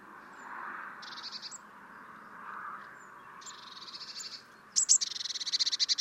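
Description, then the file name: Eurasian blue tit churring calls, two soft buzzy rattles followed by sharp high notes and a louder rapid churr, over steady background noise. "Cyanistes caeruleus"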